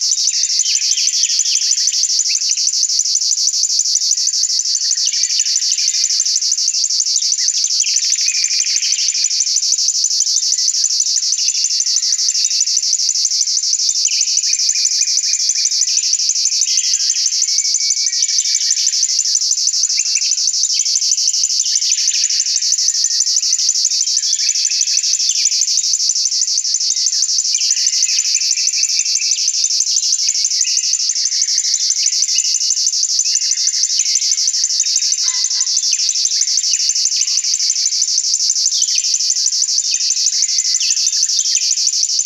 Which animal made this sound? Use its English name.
River Warbler